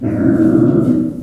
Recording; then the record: squeal of a Yucatan mini pig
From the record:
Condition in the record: after surgery on the right vocal fold (resection and tissue-engineered implant); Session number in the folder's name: 5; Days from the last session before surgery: 33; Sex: female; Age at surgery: 19 weeks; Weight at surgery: 25 kg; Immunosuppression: prednisolone